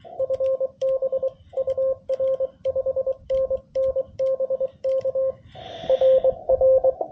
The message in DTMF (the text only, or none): none